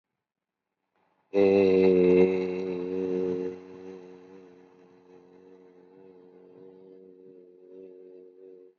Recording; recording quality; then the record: sustained vowel as in made; excellent, no background noise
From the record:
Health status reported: COVID-19 positive, mild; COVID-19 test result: positive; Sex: male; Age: 39 years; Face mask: not worn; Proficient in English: yes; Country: India